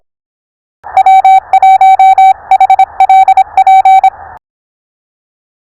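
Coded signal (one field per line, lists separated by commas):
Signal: Morse code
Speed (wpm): 26 wpm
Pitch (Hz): 770 Hz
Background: none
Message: W1HLP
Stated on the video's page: Real callsigns copied during a POTA park activation at Biscayne National Park, not computer generated.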